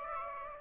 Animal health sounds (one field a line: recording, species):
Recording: mosquito wingbeat signal from an infrared sensor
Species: Aedes aegypti